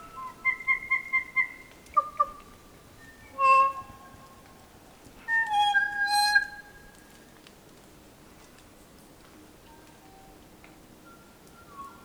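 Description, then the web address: Kokako song: a quick series of short, repeated piping notes, then sustained, rich organ-like tones, then a long quiet gap with faint soft notes. "sound kōkako. دانلود-صدای-پرنده-کوکاکو"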